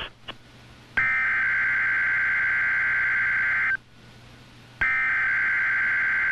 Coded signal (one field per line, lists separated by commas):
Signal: Emergency Alert System (SAME) tones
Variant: header bursts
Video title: Cincinnati Radar (simulated) and NOAA Weather Radio - May 10, 2016